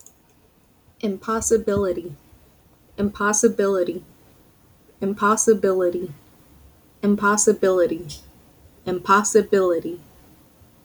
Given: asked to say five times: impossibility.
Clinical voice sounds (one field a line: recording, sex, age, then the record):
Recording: repeated word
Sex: female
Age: 20 to 29 years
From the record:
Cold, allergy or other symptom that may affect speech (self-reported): no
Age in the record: 28 years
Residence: Louisiana, United States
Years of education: 16